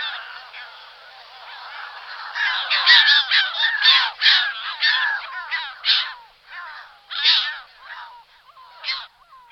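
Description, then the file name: Audouin's gull calls: a dense burst of raucous, croaking cries that thins out into scattered single calls toward the end. "racek-audouinův"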